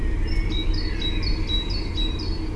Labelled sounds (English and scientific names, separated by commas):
Great Tit (Parus major)